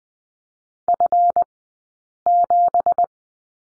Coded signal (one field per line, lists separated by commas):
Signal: Morse code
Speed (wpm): 20 wpm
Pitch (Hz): 700 Hz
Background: none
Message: F7